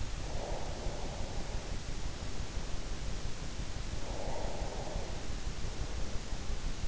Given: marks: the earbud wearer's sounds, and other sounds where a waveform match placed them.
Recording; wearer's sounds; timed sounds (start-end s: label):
sounds in sleep by an in-ear microphone; breath
0.00-2.75 s: breath
3.79-6.78 s: breath